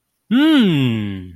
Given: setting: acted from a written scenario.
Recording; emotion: vocal sound without words; amusement